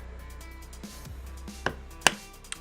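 The other side of a RAM memory stick is pressed down into a motherboard DIMM slot, and its second plastic retention clip snaps into place with a sharp click at 2.1 s. Softer taps come before and after it, at about 1.7 s and 2.5 s. The module is now seated and securely fastened.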